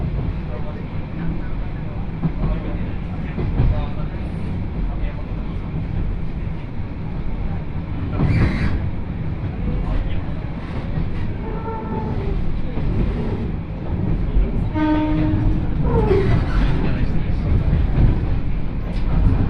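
Inside a train on the Yodo Line between Uwajima and Chikanaga, a steady low rumble of the running carriage fills the whole clip. Faint voices murmur underneath, with brief clunks near 8 seconds and short tonal squeals around 12 and 15 seconds.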